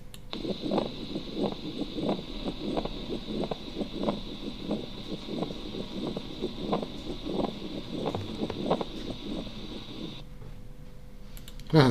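Scratchy, grating bursts repeat with each heartbeat at about 90 a minute over a steady background hiss, then stop near the end. This is a pericardial friction rub, the sound of inflamed pericardial layers rubbing together in acute pericarditis.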